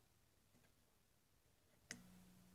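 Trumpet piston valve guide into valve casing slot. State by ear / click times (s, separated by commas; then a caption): seated / 1.9 s. After oiling, a trumpet piston valve is turned inside its valve casing until the plastic/metal valve guide drops into its slot with a single sharp click at 1.9 s. A faint low ring lingers after the click. The valve is now locked, seated properly, and can no longer turn.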